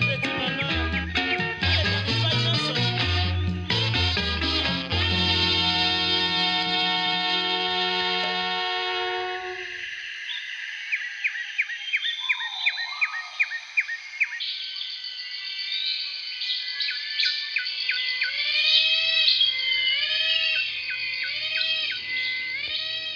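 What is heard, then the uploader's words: Congolese rumba plays for the first ten seconds, busy with deep bass notes and bright guitar lines, then fades away. Tropical birds take over, with quick repeated chirps, sweeping whistles and trills that grow fuller toward the end. Congolese Rumba and Tropical Birdsong. Throughout the radio show are the sounds of tropical birds recorded by Jean Roché.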